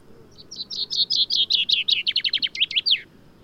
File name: Fringilla coelebs